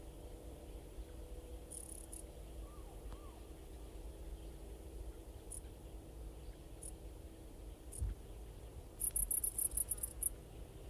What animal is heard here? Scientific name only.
Pholidoptera griseoaptera